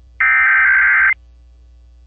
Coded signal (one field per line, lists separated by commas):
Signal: Emergency Alert System (SAME) tones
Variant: header bursts